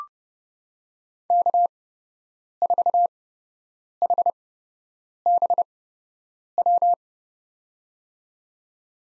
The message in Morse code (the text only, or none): K4HBW